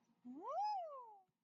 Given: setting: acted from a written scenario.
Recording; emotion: vocal sound without words; triumph